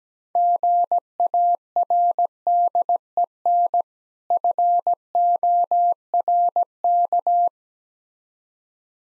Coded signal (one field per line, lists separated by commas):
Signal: Morse code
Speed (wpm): 17 wpm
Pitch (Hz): 700 Hz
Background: none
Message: GARDEN FORK